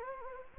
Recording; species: mosquito wingbeat signal from an infrared sensor; Anopheles gambiae